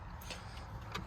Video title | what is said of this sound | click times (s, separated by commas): Z Precision 3rd Gen Toyota Tacoma Large Cup Holder Install | and it pops free now | 1.0 s